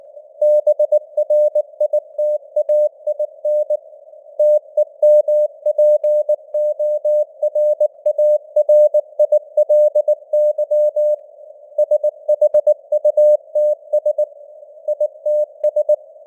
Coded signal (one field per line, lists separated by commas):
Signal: Morse code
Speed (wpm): 19 wpm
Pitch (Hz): 600 Hz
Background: none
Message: BRITAIN TEMPORARILY SHUTS ITS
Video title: Morse Code News | 2026-01-15 | 19wpm